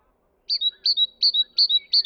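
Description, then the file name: Great tit calling, a bright two-note high phrase repeated five times at a steady pace, with faint lower bird notes between. "Parus major"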